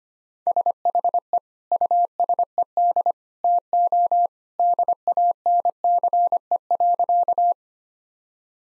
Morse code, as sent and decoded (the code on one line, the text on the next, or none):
... .... . / ..- ... . -.. / - --- / -.. .- -. -.-. . .-.-.-
SHE USED TO DANCE.